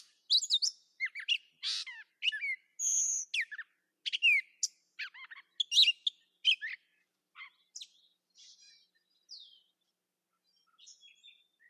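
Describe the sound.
Catbird singing jumbled chirps, rattles and a steady whistled note, the varied phrases growing softer and sparser toward the end.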